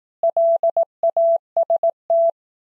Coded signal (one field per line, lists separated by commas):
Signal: Morse code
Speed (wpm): 18 wpm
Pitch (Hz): 670 Hz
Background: none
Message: LAST